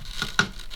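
The top ribbon cable is pushed back into its connector on the power supply circuit board of an LG OLED 55B7A TV. A sharp click at 0.4 s marks it snapping into place, with softer, faint taps around 0.2, 0.6 and 0.8 s. The cable is seated.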